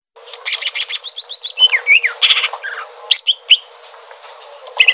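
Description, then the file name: Greater green leafbird song with quick repeated chirps at first, then swooping whistles, a harsh burst and scattered sharp notes after a short pause. Song described as gacor. "audio cucak hijau gacor"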